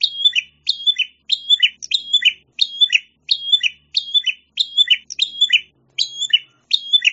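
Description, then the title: Prinia song: rapid series of identical high, chirpy phrases, each ending in a short buzzy fall, delivered in an even rhythm with short pauses between. "prenjak"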